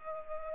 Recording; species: mosquito wingbeat signal from an infrared sensor; Culex pipiens